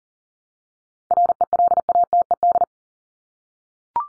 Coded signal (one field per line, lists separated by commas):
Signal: Morse code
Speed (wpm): 40 wpm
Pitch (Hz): 700 Hz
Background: none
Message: RELATED